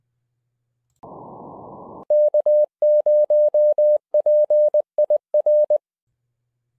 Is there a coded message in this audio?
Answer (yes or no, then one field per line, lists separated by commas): yes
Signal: Morse code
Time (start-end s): 2.1-5.8 s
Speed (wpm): 20 wpm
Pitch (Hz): 600 Hz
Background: none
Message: K0PIR